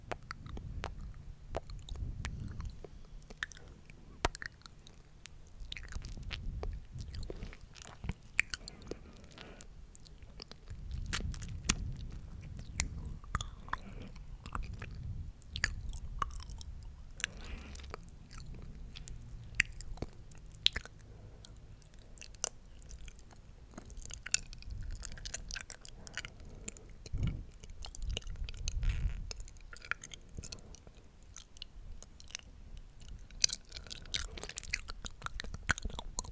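Wet mouth sounds fill the clip: dense clicks, smacks and chewing-like crunches arrive every fraction of a second throughout. Soft low murmuring swells beneath them in patches, around the start, near 11 seconds and near 28 seconds.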